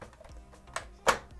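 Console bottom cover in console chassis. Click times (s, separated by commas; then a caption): 0.8 s. During a power supply replacement repair on a Sony PlayStation 4 Slim with no power, the plastic bottom cover is slid and pushed toward the person into the console chassis. A sharp click at 0.8 s marks the cover latching home, fully seated, followed by a louder broadband knock around 1.1 s.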